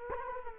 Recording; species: mosquito wingbeat signal from an infrared sensor; Culex quinquefasciatus